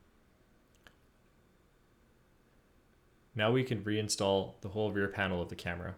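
A ribbon cable on the right side of a Lumix GX85 camera is pushed into its connector on the camera board. It seats with two faint clicks at 0.8 s and 0.9 s, followed by quiet and then someone talking.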